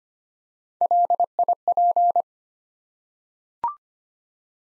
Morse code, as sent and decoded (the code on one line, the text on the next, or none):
.-.. .. .--.
LIP